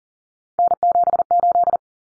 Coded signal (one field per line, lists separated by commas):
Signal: Morse code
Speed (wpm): 40 wpm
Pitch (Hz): 700 Hz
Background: none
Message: N78